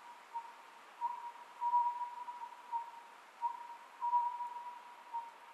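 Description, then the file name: Oriental scops owl uttering short hooted notes in small groups over faint background hiss. Recorded 27 May 2010 at 23:35. "konohazuku-20100527-2335"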